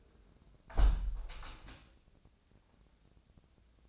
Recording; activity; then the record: daily activity, microphone in the room; close window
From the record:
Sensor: 2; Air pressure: 1012.2 hPa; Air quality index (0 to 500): 127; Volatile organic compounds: 1 ppm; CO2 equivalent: 943 ppm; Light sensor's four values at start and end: 179/431/181/190 and 179/432/181/190